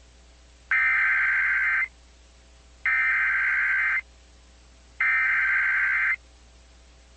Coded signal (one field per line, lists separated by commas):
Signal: Emergency Alert System (SAME) tones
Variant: header bursts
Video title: EAS #162 - CHS River FLW from WLVH-FM (4/29/2023)